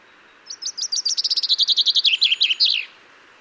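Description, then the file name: Common chaffinch song, a cascading series of crisp notes speeding into a rolling trill that descends and closes with a bold flourish. "Fringilla coelebs"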